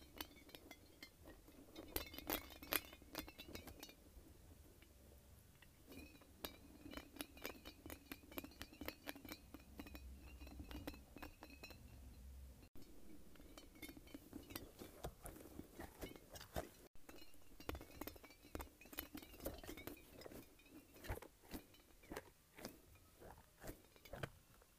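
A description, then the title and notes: A light-up spiky ball is handled and bounced, giving irregular sharp clicks and taps that spread across the whole 25 seconds, thicker near the start and again after the midpoint. A low rumble runs beneath the first half, with two abrupt dropouts around 13 and 17 seconds. ASMR Light-Up Spiky Ball.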